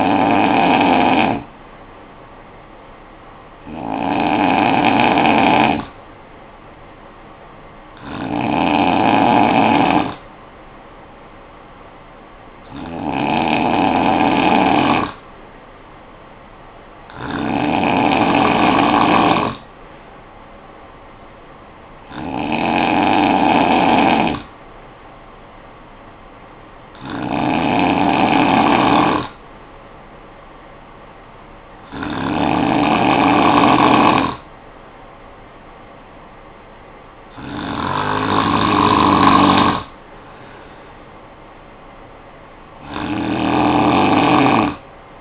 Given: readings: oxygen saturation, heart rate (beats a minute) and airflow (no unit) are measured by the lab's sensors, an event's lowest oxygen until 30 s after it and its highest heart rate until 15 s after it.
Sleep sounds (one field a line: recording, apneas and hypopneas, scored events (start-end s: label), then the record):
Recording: breathing in sleep by a voice recorder at the bedside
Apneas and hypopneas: none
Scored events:
none scored
From the record:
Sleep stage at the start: N2 (light sleep)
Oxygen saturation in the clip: 91 to 93%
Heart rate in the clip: 52 to 61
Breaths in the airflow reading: 10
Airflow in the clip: -8.8 to 5.5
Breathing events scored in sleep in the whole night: 445 in 7.6 hours asleep